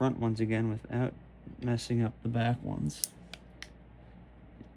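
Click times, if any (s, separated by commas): 3.3 s, 3.6 s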